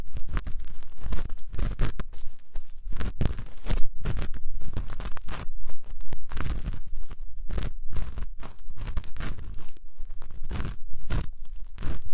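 Ear picking deep inside the ear canal, heard as a dense run of scratchy crunches and scrapes with almost no pause. The strokes come quickly and unevenly, each a short burst with a heavy low thump beneath a crackly, rustling top, and the whole 12 seconds stays equally busy.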